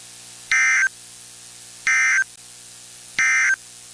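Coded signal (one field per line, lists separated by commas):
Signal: Emergency Alert System (SAME) tones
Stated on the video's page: Real Required Weekly Test alerts captured over one day.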